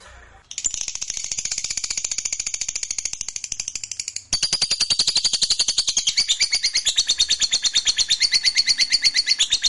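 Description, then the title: Lovebird song: a long, rapid, high chattering trill of buzzy notes that starts after half a second and grows louder halfway through. Lovebird kept as a fighter bird, singing energetically (gacor). "Berkat SUARA Lovebird FIGHTER GACOR Ini"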